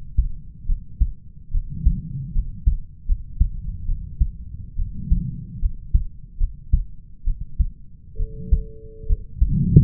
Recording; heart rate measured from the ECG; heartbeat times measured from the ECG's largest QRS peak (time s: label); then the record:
heart sounds by stethoscope; 71 bpm
0.66 s: heartbeat
1.52 s: heartbeat
2.33 s: heartbeat
3.06 s: heartbeat
3.86 s: heartbeat
4.77 s: heartbeat
5.60 s: heartbeat
6.38 s: heartbeat
7.25 s: heartbeat
8.17 s: heartbeat
9.07 s: heartbeat
From the record:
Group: healthy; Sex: male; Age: 20 years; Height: 187 cm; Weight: 68.9 kg